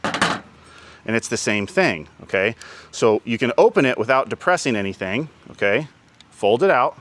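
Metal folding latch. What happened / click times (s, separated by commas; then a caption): Folding arm latch released and arm came free / 0.0 s. A latch on a folding BBQ multi-tool is pressed down and the folding arm is pulled out, giving a sharp metal clack at 0.0 s as the arm comes free and releases. A second quieter transient follows at about 0.2 s, and then someone talks for the rest of the clip.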